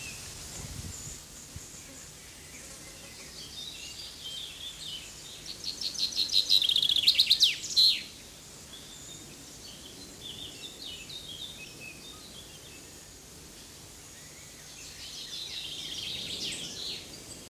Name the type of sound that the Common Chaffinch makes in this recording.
song